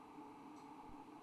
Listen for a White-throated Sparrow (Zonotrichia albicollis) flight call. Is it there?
no